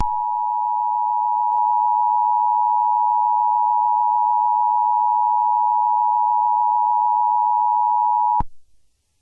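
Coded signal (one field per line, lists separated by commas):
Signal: Emergency Alert System (SAME) tones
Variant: 853 and 960 Hz attention tone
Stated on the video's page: Fictional EAS scenario retelling a game in emergency alert broadcasts.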